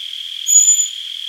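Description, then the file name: Common blackbird: a single thin, high, drawn-out whistle lasting under half a second, set against a continuous insect buzz. "Turdus merula"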